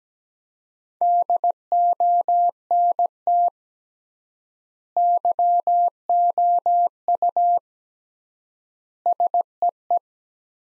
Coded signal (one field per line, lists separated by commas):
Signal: Morse code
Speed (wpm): 17 wpm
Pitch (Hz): 700 Hz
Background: none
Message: DONT YOU SEE